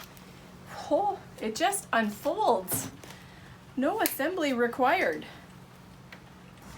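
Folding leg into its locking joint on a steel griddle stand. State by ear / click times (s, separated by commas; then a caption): seated / 6.1 s. A folding steel leg of a portable griddle stand is unfolded into its locking joint. Someone talks over a steady low hum. The leg clicks into its locked position at 6.1 s, showing it has locked.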